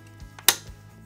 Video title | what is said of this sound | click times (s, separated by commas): Readit Scholar HD- The Blind Life | just swings up like that until it clicks and then the camera swings up and clicks | 0.5 s